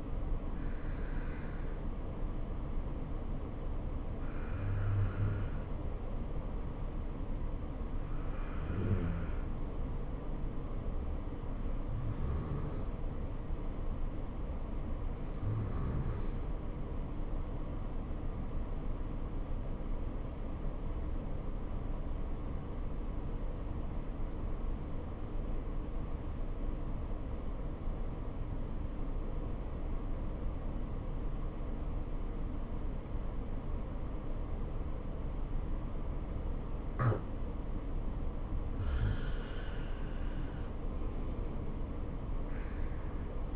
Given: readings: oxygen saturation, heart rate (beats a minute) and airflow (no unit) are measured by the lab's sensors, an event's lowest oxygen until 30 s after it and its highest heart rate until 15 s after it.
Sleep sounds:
breathing in sleep by a smartphone at the bedside; 1
15.00-39.40 s: obstructive apnea (N2, oxygen 95% highest, then 88% lowest, heart rate 65 at the start, 71 highest)
From the record:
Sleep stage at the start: N2 (light sleep); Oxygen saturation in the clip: 86 to 95%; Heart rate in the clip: 63 to 70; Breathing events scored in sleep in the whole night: 277 in 7.4 hours asleep

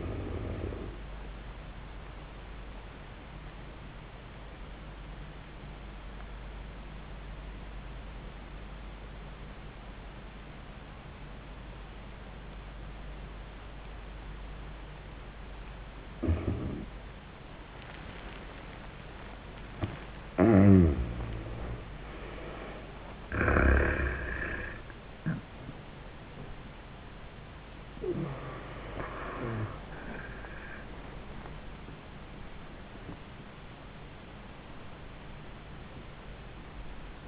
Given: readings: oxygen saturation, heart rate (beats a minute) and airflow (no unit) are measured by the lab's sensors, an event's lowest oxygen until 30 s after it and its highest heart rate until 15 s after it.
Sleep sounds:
a person awake in a sleep study, by a voice recorder at the bedside; 1
3.00-19.80 s: obstructive apnea (N1, oxygen 96% highest, then 82% lowest)
18.00-37.28 s: awake
18.00-37.28 s: new sleep stage, awake
From the record:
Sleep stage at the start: N1 (lightest sleep); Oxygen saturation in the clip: 82 to 96%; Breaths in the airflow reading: 1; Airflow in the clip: -24.5 to 27.1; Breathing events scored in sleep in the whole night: 400 in 8.7 hours asleep

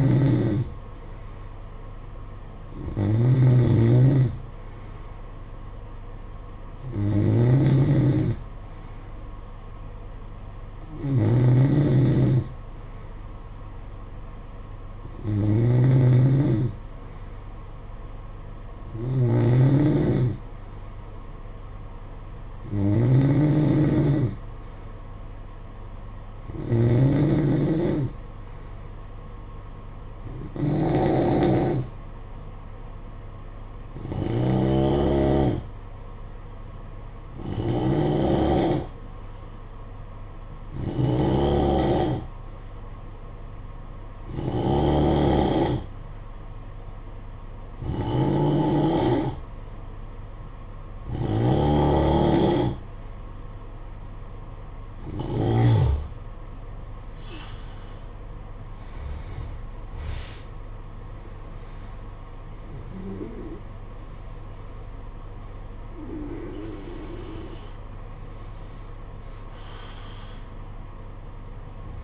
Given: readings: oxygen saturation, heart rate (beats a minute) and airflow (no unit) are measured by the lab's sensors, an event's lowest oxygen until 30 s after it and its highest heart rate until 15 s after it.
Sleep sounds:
breathing in sleep by a smartphone at the bedside; 1
9.00-69.00 s: new sleep stage, N3 (deep sleep)
34.00-58.80 s: hypopnea (N3, oxygen 92% highest, then 91% lowest, heart rate 54 at the start, 69 highest)
69.00-72.04 s: new sleep stage, N2 (light sleep)
From the record:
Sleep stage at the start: N2 (light sleep); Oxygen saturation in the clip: 91 to 93%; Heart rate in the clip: 52 to 69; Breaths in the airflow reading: 19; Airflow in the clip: -12.9 to 22.7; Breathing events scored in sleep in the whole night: 476 in 9.7 hours asleep

